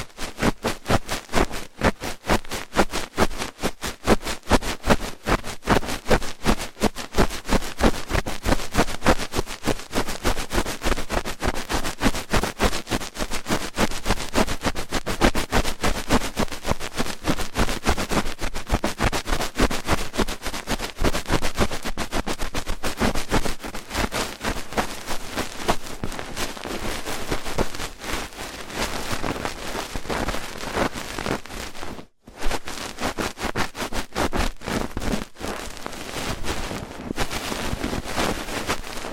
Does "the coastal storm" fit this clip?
no